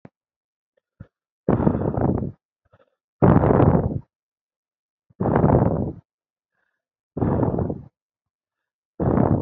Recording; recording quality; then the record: shallow breathing; moderate, slight background noise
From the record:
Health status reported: healthy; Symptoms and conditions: none ticked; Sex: male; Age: 21 years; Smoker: not ticked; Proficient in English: yes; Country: India